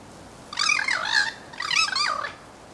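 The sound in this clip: Bird calls, two drawn-out, nasal, wavering notes about a second apart, slightly mewing in tone, over soft background noise.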